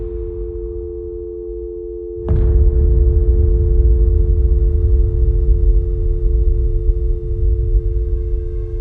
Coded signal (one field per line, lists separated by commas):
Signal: telephone call progress tone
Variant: North America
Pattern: dial tone